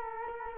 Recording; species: mosquito wingbeat signal from an infrared sensor; Culex quinquefasciatus